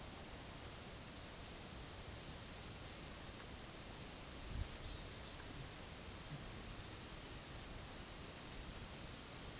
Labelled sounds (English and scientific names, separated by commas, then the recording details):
none
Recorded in pastures near Puerto Asís, Putumayo, Colombia, on 8 March 2025 at 12:30
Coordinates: 0.486, -76.323
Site G075